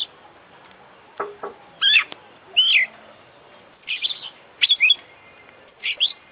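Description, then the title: Oriental magpie-robin song: scattered short bright phrases and sharp notes separated by pauses. Indonesian songbird-hobby (kicau mania) kacer; full 'isian' song of a constantly singing (gacor) international champion, used for training other birds. "Kicau Mania - Full Isian Juara Internasional Burung KACER Gacor"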